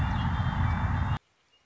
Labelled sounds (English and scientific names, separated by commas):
Red-winged Blackbird (Agelaius phoeniceus)